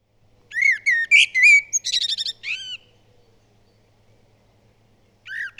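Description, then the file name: Common blackbird song: a two-second phrase of low fluted whistles running into a squeaky high twitter, then a pause and the start of a new phrase. "Turdus merula"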